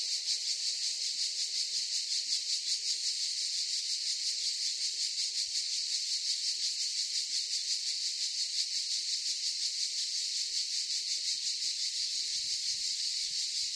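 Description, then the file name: Cicada chorus: continuous shrill buzzing that throbs in rapid regular waves, roughly three beats a second, lasting the whole stretch. Forest chorus of cicadas. "gain walkers CICADAS Forest Chorus"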